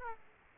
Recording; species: mosquito wingbeat signal from an infrared sensor; Aedes aegypti